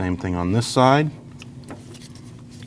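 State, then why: Seated. Someone talks, then the second fuel line quick-connect on the other side of a 2014-2023 Jeep Cherokee is pushed onto its fuel fitting during a starter replacement. It gives a sharp click at 1.4 s and is seated, followed by a few faint ticks and taps.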